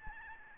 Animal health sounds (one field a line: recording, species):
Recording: mosquito wingbeat signal from an infrared sensor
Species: Aedes albopictus